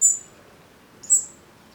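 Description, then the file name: European robin giving two thin, very high-pitched call notes about one second apart, each short, with quiet background between. "Erithacus rubecula"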